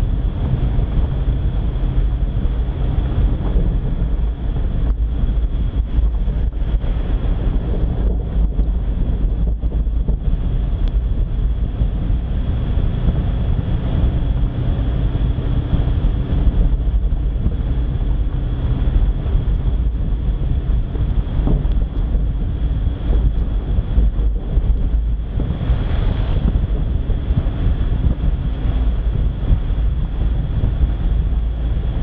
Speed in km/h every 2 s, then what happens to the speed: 36, 34, 33, 32, 33, 34, 35, 35, 36, 36, 34, 34, 33, 31, 31, 31.
0-32 steady at about 34.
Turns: none.